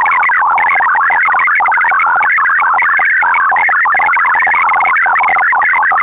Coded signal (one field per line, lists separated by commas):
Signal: multi-tone FSK (Olivia or MFSK type)